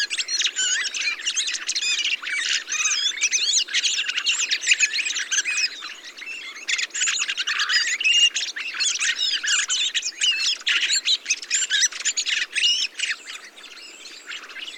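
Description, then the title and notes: Thrushes in a dense mixed chorus, many overlapping whistled and squeaky phrases and chattering notes sounding together without pause, with a brief quieter spell near the end. Large mixed flock of mistle thrushes, song thrushes, redwings, fieldfares and some blackbirds feeding on abundant berries, singing; blue sky; Montagne du Puy, Drôme; 22 November 2020; Nagra Seven, Telinga Pro7 parabola. "POT-POURRI DE GRIVES. 22 novembre 2020-Montagne du Puy - Drôme. Grives draine, musicienne, mauvis et litorne plus quelques merles"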